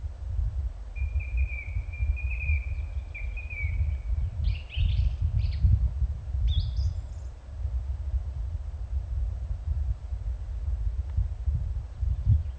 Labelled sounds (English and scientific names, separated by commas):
Song Thrush (Turdus philomelos) song